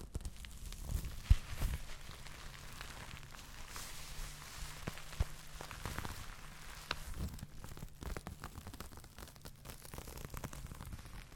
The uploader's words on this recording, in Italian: Suoni dei tessuti asmr. In questa puntata ti faccio sentire il suono di diverse tipologie di tessuti, ognuno secondo me rilassante.